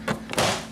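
A plastic front door trim panel on a 2006 Honda Civic, with its bottom tab already hooked, is pushed in against the car door, and its clips snap into place. Sharp snaps land at 0.1 s and 0.3 s, then a louder, longer thud at 0.4 s as the panel seats home. No one talks in the clip.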